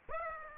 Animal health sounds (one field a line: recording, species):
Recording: mosquito wingbeat signal from an infrared sensor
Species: Aedes aegypti